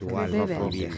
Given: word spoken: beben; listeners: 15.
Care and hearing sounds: one Spanish word in noise, from a listening test; four-talker babble; -0.4 dB; 0 of 15; 9 of 15; 0.58 s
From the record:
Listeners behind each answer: 9, 2, 1, 1, 1, 1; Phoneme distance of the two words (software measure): 10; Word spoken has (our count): 2 syllables, 5 phonemes, stress on syllable 1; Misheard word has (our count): 2 syllables, 5 phonemes, stress on syllable 1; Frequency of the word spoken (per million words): 3.85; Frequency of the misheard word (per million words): 0.73

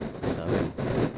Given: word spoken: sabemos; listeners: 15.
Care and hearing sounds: one Spanish word in noise, from a listening test; noise modulated by three-talker babble; -7.4 dB; 3 of 15; 6 of 15; 0.78 s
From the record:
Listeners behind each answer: 6, 3, 3, 1, 1, 1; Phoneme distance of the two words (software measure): 44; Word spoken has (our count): 3 syllables, 7 phonemes, stress on syllable 2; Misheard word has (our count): 2 syllables, 5 phonemes, stress on syllable 2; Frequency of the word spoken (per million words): 60.40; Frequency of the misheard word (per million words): 187.66

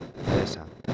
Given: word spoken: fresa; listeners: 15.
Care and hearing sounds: one Spanish word in noise, from a listening test; noise modulated by one talker; -7.2 dB; 2 of 15; 6 of 15; 0.54 s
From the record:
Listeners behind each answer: 6, 2, 2, 1, 1, 1, 1, 1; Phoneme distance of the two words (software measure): 17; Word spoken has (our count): 2 syllables, 5 phonemes, stress on syllable 1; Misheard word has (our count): 2 syllables, 4 phonemes, stress on syllable 1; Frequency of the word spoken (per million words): 2.99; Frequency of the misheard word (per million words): 9.79

